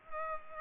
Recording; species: mosquito wingbeat signal from an infrared sensor; Culex pipiens